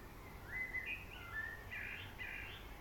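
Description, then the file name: Common blackbird singing fluted, warbling phrases that rise and fall, several short notes in quick succession over a steady low background hum. "Turdus merula"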